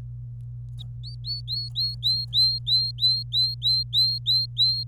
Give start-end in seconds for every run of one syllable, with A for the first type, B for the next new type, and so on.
0.79-0.82 A, 1.04-4.83 B